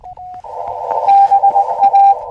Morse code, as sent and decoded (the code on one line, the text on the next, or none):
-... .-
BA